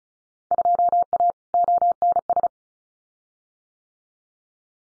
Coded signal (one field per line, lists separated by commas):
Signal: Morse code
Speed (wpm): 36 wpm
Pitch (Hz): 700 Hz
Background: none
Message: 2A ONS